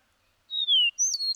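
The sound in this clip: Bird song: a clear high whistle sliding downward, followed by two brighter whistled notes that dip and level off, in an otherwise quiet background.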